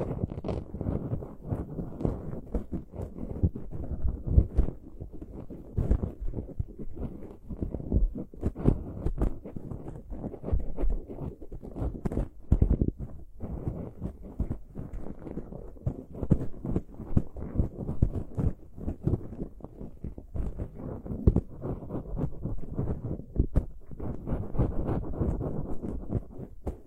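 Ear picking heard up close inside the ear canal: a dense, continuous run of low, muffled scratches, rubs and thumps. Dull pulses and knocks keep coming irregularly throughout, with brief brighter crackles now and then, and no pauses or other sounds.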